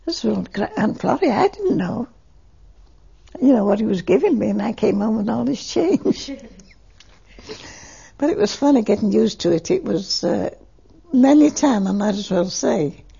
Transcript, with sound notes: I said, "Aunt Clary, I didn't know." You know, what he was giving me and I came home with all this change. (They laugh.) But it was funny getting used to it was, uh, many times I might as well say,